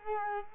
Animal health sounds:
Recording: mosquito wingbeat signal from an infrared sensor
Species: Culex quinquefasciatus

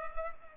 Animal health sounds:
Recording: mosquito wingbeat signal from an infrared sensor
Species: Culex pipiens

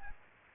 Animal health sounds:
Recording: mosquito wingbeat signal from an infrared sensor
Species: Aedes aegypti

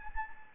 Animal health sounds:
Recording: mosquito wingbeat signal from an infrared sensor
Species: Anopheles gambiae

